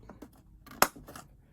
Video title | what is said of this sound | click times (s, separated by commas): HASLAB THE RAZOR CREST REVIEW AND DIORAMA | and it actually pops, snaps into place, and it is on a swivel. | 0.8 s